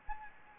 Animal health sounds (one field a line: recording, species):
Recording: mosquito wingbeat signal from an infrared sensor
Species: Anopheles gambiae